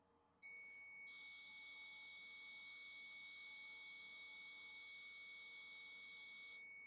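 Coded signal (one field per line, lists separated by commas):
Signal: 300-baud modem data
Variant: Bell 103, 300 baud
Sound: one continuous high steady whistle of about 2.2 kHz, unbroken for six seconds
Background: faint hum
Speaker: now it's ringing now it's styling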